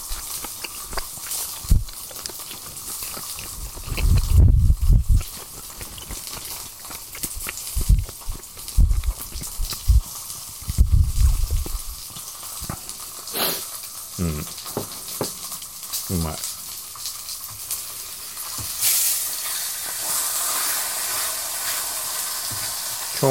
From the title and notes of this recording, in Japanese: 携帯ガスコンロとフライパンで飯を食ったり酒を飲み食いしながら雑談です。時々、咀嚼音注意。超おすすめマイクTASCAM DR-07X ステレオ/無指向性、iPhoneボイスメモ収録。ミスって低域カットオンになってました。